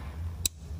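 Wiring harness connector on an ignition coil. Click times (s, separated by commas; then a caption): 0.5 s. A small flathead screwdriver is set on the plastic locking tab of an ignition coil's wiring harness connector on a VW 2.5L 5-cylinder engine in a 2010–2014 Beetle and pulled back. One short, sharp click is heard at 0.5 s over a low steady hum. The latch releases, so the connector has unhooked and can be pulled straight back.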